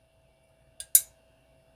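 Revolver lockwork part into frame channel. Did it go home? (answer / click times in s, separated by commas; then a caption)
yes / 1.0 s. An internal lockwork part is dropped into the steel frame of a Rock Island M200/206 revolver with the trigger fully forward, then pulled back. A light tick at 0.8 s is followed by a sharp, bright metallic click at 1.0 s. The part is seated back in its channel.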